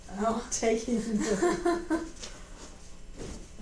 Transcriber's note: laughter